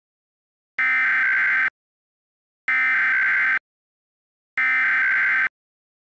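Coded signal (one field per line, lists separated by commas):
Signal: Emergency Alert System (SAME) tones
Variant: header bursts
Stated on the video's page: Simulated mock alert, a Texas Required Monthly Test made with EAS macro software and EASyKIT.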